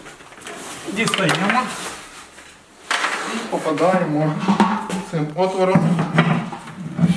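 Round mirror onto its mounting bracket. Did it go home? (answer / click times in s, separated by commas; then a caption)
no / none. A round mirror is handled and lined up so its mounting hole goes onto its mounting bracket while someone talks, with brief knocks and handling noises throughout. Nothing has seated or clicked yet; the clip ends just before the mirror goes home.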